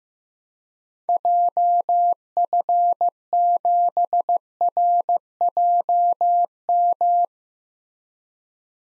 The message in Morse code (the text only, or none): JF7RJM